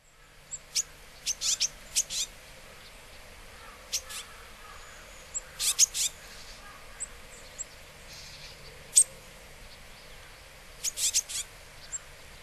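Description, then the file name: Japanese tit: short clusters of one to four sharp, high notes repeated every few seconds over steady background hiss. Recorded in Hyogo, Japan, in August. "sijuukara 5 0803 hyogo kaji"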